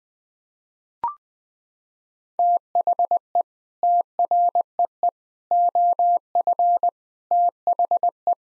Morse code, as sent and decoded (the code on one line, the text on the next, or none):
- .... . / - .-. . . / --- ..-. / - .... .
THE TREE OF THE